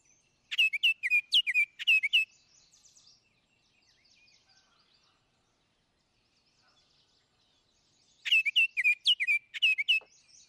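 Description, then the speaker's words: Baltimore Oriole song: bright, clear whistled notes in a quick run of several, a pause of several seconds, then a second similar burst. Really clear, cheerful, upbeat whistle with much small variation, some up and down, sharper and clearer than a robin's voice. "I try to describe it as a really clear whistle. There's a lot of little variation, but it's that voice."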